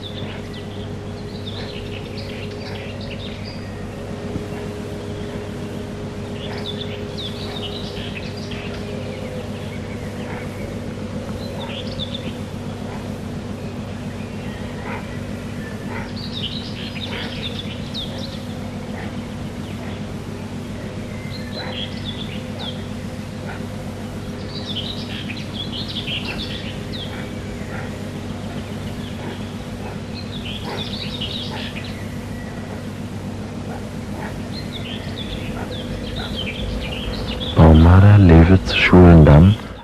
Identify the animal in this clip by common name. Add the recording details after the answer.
European Pine Marten. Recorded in the wild. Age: adult. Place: Lewitz, Mecklenburg-Vorpommern, DE. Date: 1965-05-21. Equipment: Grundig TK 4, BG 20/6 - 19 cm/s. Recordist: Schubert, Michael. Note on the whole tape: 2 Tiere, Ranz